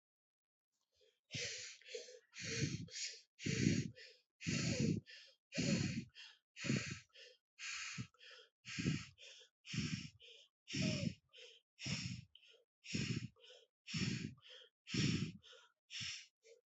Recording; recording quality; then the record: shallow breathing; excellent, no background noise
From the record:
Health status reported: healthy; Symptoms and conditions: cough, cold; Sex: male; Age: 39 years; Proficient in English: yes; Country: India